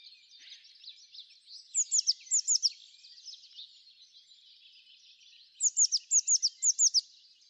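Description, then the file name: Eurasian blue tit calling, a soft high chatter broken by two bursts of sharp, quick doubled chips, one near two seconds and another near six seconds. "Cyanistes caeruleus"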